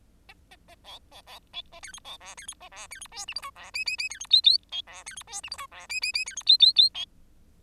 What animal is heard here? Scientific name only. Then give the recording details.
Lonchura striata domestica. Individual Bird10